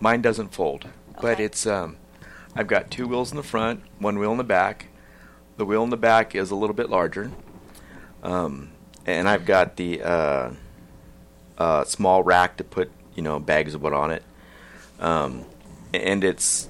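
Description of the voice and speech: Man speaks in short phrases with frequent pauses, fillers and drawn-out words while searching for words, typical of aphasia after a stroke he had in 2015.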